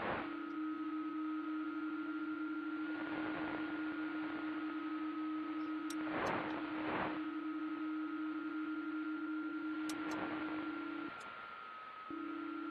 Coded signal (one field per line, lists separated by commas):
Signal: PSK31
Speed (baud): 31.25 baud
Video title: IK8XLD - SAT NO-84 PSK31 QSO with CT1EIF, rx IK7UFX,M0NPT